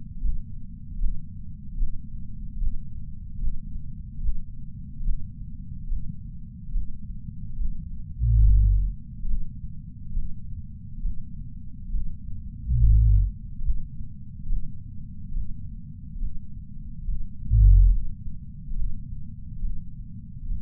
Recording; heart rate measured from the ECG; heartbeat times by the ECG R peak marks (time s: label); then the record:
heart sounds by patch sensor on the chest; 71 bpm
0.22 s: heartbeat
1.00 s: heartbeat
1.79 s: heartbeat
2.60 s: heartbeat
3.41 s: heartbeat
4.23 s: heartbeat
5.05 s: heartbeat
5.89 s: heartbeat
6.74 s: heartbeat
7.58 s: heartbeat
8.42 s: heartbeat
9.27 s: heartbeat
10.15 s: heartbeat
11.03 s: heartbeat
11.92 s: heartbeat
12.78 s: heartbeat
13.64 s: heartbeat
14.49 s: heartbeat
15.34 s: heartbeat
16.21 s: heartbeat
17.07 s: heartbeat
17.91 s: heartbeat
18.76 s: heartbeat
19.62 s: heartbeat
20.49 s: heartbeat
From the record:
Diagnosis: coronary artery disease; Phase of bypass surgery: preoperative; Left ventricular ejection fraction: 61.9%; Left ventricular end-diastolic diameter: 48 mm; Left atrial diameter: 36 mm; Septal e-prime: 9.5 cm/s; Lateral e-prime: 18.5 cm/s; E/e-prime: 6.6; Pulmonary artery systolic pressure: 30 mmHg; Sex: male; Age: 59 years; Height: 175 cm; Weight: 76 kg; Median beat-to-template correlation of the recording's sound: 0.85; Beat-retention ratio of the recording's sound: 0.99